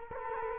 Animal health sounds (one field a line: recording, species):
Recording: mosquito wingbeat signal from an infrared sensor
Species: Culex quinquefasciatus